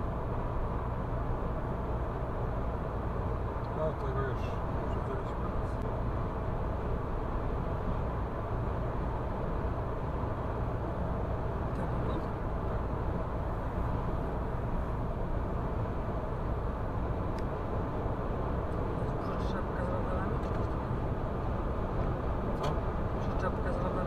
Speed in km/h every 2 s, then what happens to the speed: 105, 106, 106, 105, 105, 105, 105, 105, 106, 112, 115, 118.
0-17 steady at about 105. 17-24 speeds up to 118.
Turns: none.